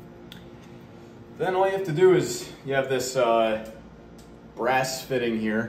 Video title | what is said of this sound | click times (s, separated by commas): How to Update Your Outdated American Standard Shower Trim | snap that in there | 0.3 s